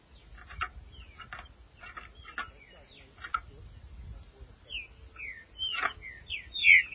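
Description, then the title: Green-winged saltator song: soft chips and clicks build into a run of whistled slurred notes that grows louder toward the end. "Trinca Ferro"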